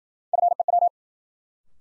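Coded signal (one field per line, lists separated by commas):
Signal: Morse code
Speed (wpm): 53 wpm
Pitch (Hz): 700 Hz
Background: none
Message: FEW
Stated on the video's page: New-word Morse drill at 55 wpm: each word sent, spoken, then sent again for head-copy practice.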